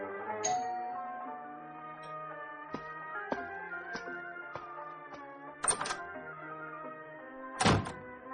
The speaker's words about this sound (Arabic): يحيى يا زوجي الحبيب، من كان يطرق الباب؟ لا عليك يا زوجتي، لا شيء، مجرد طفل طرق الباب وهرب كما كنا نفعل ونحن أطفال.